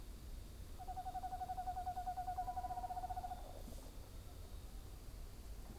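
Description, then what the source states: Screech owl trill, a rapid even series of notes held about three seconds, overlapping a brief descending whinny near its end. Several screech owls calling together.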